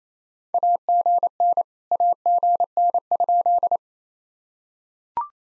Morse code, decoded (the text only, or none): AGN AGN?